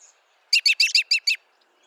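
American robin giving a quick run of six sharp, rich chirped notes in under a second, then quiet.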